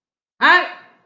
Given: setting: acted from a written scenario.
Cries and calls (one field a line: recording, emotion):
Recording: vocal sound without words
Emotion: anger